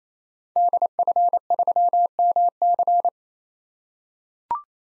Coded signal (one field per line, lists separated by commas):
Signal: Morse code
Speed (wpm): 28 wpm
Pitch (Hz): 700 Hz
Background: none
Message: DF3MC